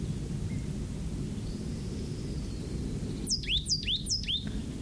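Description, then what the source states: Plain titmouse singing a short burst of three identical swooping phrases, each dropping steeply and then rising, with constant low background rumble. Singing from spaced live oaks about 10 feet tall, grassy understory with bays, poison oak and bigleaf maple, at edge of dense oak draw; possibly the same bird recorded calling earlier, or male of pair.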